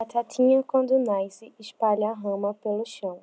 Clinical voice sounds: short text; Brazilian Portuguese; female; 20 to 29 years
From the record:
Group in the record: control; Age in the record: 23 years

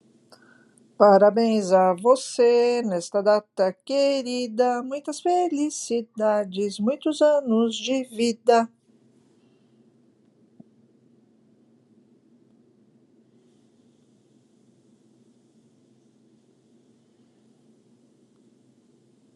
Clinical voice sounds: short text; Brazilian Portuguese; female; 60 to 69 years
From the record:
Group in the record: control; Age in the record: 66 years

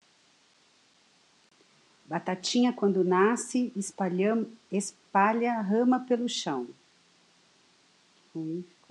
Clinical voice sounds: short text; Brazilian Portuguese; female; 50 to 59 years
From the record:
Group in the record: control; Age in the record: 55 years

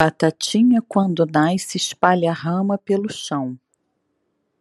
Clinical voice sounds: short text; Brazilian Portuguese; female; 50 to 59 years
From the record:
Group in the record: control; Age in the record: 51 years

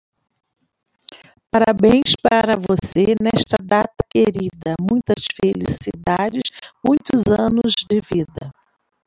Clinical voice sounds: short text; Brazilian Portuguese; female; 50 to 59 years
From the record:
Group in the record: control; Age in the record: 53 years

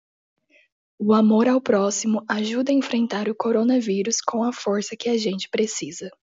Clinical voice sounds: spoken sentence; Brazilian Portuguese; female; 20 to 29 years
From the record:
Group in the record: control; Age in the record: 21 years

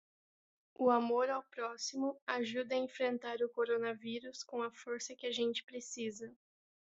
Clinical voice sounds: spoken sentence; Brazilian Portuguese; female; 20 to 29 years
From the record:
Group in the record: control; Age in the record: 20 years

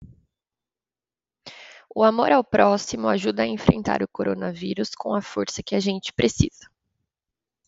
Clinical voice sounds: spoken sentence; Brazilian Portuguese; female; 20 to 29 years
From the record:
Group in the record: control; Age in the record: 28 years

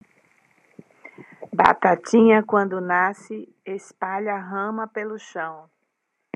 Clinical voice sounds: short text; Brazilian Portuguese; female; 50 to 59 years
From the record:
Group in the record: control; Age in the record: 58 years

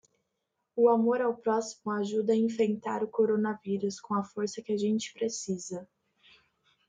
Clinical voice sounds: spoken sentence; Brazilian Portuguese; female; 20 to 29 years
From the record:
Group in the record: control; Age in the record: 25 years

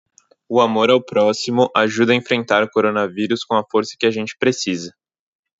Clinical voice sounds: spoken sentence; Brazilian Portuguese; male; 18 to 19 years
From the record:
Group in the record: control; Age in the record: 19 years

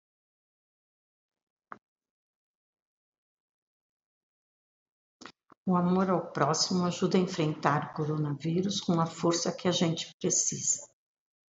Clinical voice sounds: spoken sentence; Brazilian Portuguese; female; 60 to 69 years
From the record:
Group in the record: control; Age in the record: 69 years

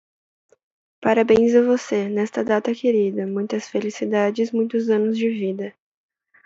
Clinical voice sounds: short text; Brazilian Portuguese; female; 20 to 29 years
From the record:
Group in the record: control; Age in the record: 20 years

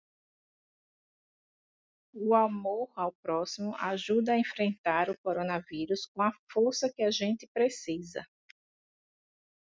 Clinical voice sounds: spoken sentence; Brazilian Portuguese; female; 50 to 59 years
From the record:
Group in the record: control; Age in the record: 55 years

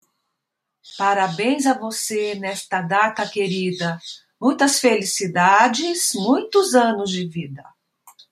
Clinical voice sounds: short text; Brazilian Portuguese; female; 60 to 69 years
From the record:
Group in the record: control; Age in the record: 66 years

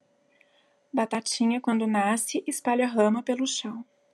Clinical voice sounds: short text; Brazilian Portuguese; female; 40 to 49 years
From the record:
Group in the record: control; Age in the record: 41 years

